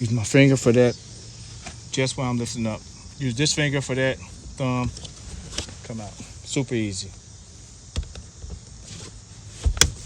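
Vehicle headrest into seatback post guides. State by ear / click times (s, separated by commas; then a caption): seated / 9.8 s. Someone talks while removing the front headrest of a Volkswagen ID4, then its metal posts are pushed back down into the plastic guides in the seat top. After a couple of faint ticks near 8.0 and 8.2 seconds, a sharp, loud click at 9.8 seconds marks the headrest latching and locking into the seat.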